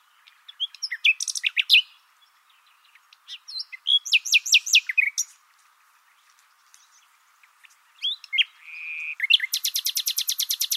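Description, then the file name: Common nightingale singing varied phrases: clicks and chirps, a whistled note, then a long rapid series of sharp repeated notes, with short pauses between phrases. "Luscinia megarhynchos"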